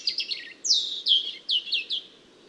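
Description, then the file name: European robin giving high, sweet descending notes, a quick trill and then five separate sliding whistles in quick succession, with low hiss behind. "Erithacus rubecula"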